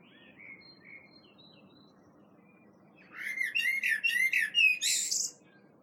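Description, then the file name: Common blackbird song: faint whistles at first, then a loud, tumbling fluted phrase topped with a squeaky ending. "Turdus merula"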